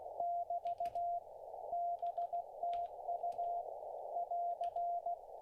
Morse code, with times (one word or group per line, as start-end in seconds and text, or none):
0.2-1.2 <BT>
1.7-3.6 BTU
4.2-5.1 <AR>